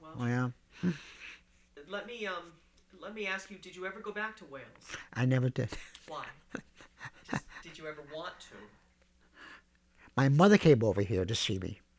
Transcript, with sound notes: Yeah.
Let me ask you. Did you ever go back to Wales?
I never did. ( he laughs )
Why? Did you ever want to?
My mother came over here to see me.